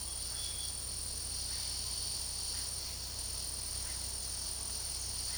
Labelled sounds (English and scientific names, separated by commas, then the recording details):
none
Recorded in secondary vegetation near Puerto Asís, Putumayo, Colombia, on 19 February 2024 at 13:00
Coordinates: 0.489, -76.322
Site G6419